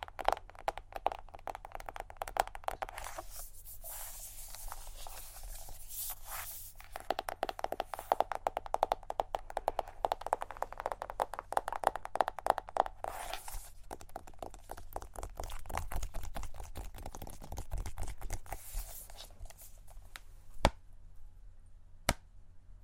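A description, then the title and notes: ASMR makeup triggers: rapid, crisp tapping and scratching, likely on makeup items, crowded into a near-continuous patter of sharp clicks for about twenty seconds, busiest in the middle. After that only two isolated sharp taps remain, over a faint steady low hum. ASMR Makeup Triggers.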